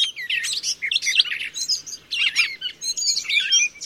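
Gray Catbird song, a rapid jumbled stream of squeaky, twittering and scratchy notes, continuous and varied with only short gaps.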